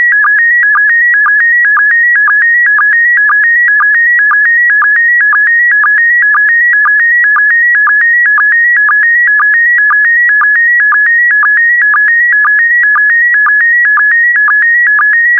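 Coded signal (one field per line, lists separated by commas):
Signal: SSTV (slow-scan television)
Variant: PD120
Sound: steady warbling tone stepping between pitches, with short low sync blips twice a second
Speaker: Five, four, three, two, one. Thank you. Transmission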